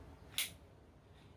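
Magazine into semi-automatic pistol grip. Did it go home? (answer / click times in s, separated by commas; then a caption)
yes / 0.4 s. A loaded magazine is pushed up into the grip of a semi-automatic pistol, held at about a 45-degree angle, until it locks. A single sharp click at 0.4 s stands out against a quiet background, and it is the sign that the magazine is seated.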